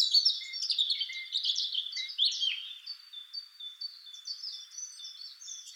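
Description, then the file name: European robin singing a varied, liquid warble: quick high twitters and slurred notes, then thinner drawn-out whistles that waver and change pitch near the end. "Erithacus rubecula"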